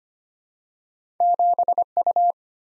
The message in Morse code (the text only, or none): 7U